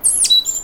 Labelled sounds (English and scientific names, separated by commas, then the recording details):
Stitchbird (Notiomystis cincta) song
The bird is a male
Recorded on Tiritiri Matangi Island, New Zealand, in 2005
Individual 1, of nest box 1